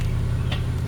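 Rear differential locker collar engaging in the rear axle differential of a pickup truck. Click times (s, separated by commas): 0.5 s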